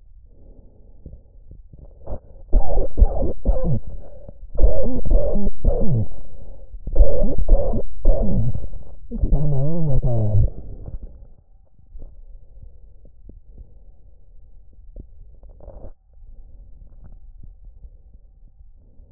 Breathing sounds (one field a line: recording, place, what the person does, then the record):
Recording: lung sounds by stethoscope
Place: trachea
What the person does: quiet breathing, then cough and speech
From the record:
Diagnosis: COPD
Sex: male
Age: 78 years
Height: 162 cm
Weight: 66.4 kg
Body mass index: 25.3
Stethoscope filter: extended mode